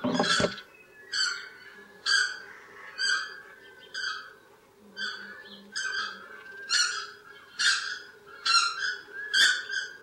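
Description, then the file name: South Island takahe giving loud, harsh, honking notes repeated roughly once a second, each note rich in harmonics, with a steady low hum underneath. "Notornis"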